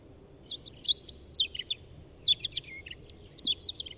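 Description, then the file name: European robin singing almost without pause: quick jumbles of very high, thin notes and short pure whistles, some sliding downward, in two tumbling phrases. "Erithacus rubecula"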